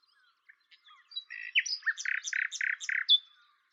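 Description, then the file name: Common nightingale song phrase: scattered soft notes build to a sequence of harsh, buzzy repeated notes with higher flicks above, closing on a sharp whistle. "Luscinia megarhynchos"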